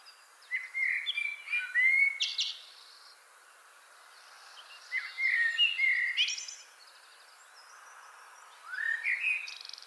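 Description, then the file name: Common blackbird singing three separate phrases, each with fluty low notes followed by a squeaky, high-pitched flourish, separated by gaps of a few seconds. "Turdus merula"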